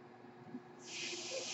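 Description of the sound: A quiet low hum gives way, partway through, to a sudden steady airy hiss that continues to the end: a home mechanical ventilator pushing a breath of air to its user.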